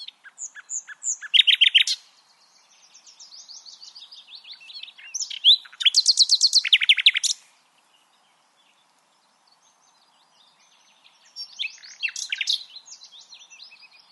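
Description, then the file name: Common nightingale song, rich phrases of rapid repeated notes and buzzy rattles, loud bursts separated by pauses, faint whistles between. "Luscinia megarhynchos"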